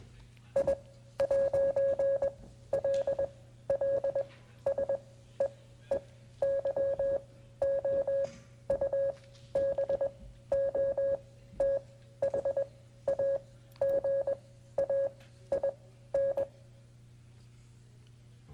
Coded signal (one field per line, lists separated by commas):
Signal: Morse code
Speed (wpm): 21 wpm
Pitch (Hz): 550 Hz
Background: none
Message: I'LL SEE YOU BOTH AGAIN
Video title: METROPOLITAN WASHINGTON OLD TIME RADIO CLUB MEETING AT MANC SEPT 17 2022